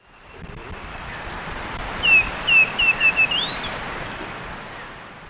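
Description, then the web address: Black-and-white becard song: five short, sweet, downslurred whistles in quick series, then a rising final note, against a soft hiss. Ecuador. "Birds of Ecuador Black-and-White becard"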